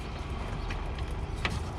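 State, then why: Seated. The car seat of a 2011 SEAT Ibiza is slid forward on its runners to make working room, over a steady low background rumble. The runner latch in the seat rail clicks sharply into place at about 1.5 seconds, and the seat is confirmed as latched.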